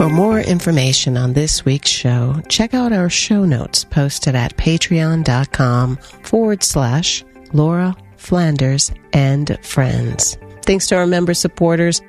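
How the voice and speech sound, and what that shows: One adult voice speaks fluently in a moderate, mid-pitched tone, in brief phrases separated by short pauses. Articulation and voice quality are clear. This is typical adult speech.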